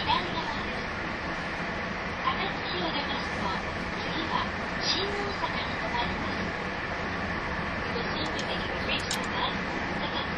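A train running, with a steady, dense rumble and roar that fills the whole clip at an even level. Faint voices seem to murmur underneath, and a few brief clicks and squeaks break through, most noticeably around two, four and nine seconds.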